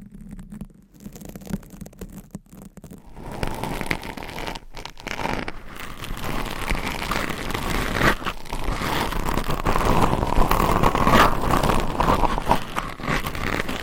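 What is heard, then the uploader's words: Long nails scratch at a microphone, a dense crackly rasp that starts sparse and quiet for the first three seconds, then builds into a steady, louder scraping from about four seconds on. Brief gaps break it near four and a half and eight seconds. ASMR Mic Scratching Brain Scratching with 9 Mics Asmr No Talking for Sleep with Long Nails.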